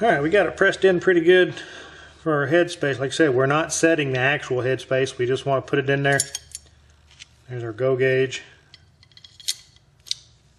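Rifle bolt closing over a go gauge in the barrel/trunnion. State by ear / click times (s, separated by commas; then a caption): seated / 10.1 s. Someone talks while a go gauge is placed in the chamber of an unriveted Polish Tantal build, pressed into the barrel and trunnion, followed by scattered light metallic clicks and taps. The rifle bolt then closes over the go gauge and locks in place with a sharp, loud metallic click at 10.1 s, seated firmly without wiggling.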